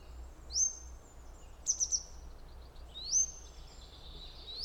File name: Grey Wagtail